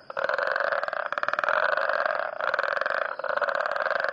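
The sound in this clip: Frog calling with a harsh, rapidly pulsed rattle in several bursts, with short gaps between them.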